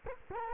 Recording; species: mosquito wingbeat signal from an infrared sensor; Culex quinquefasciatus